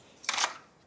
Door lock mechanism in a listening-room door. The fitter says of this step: when you close that locks right there.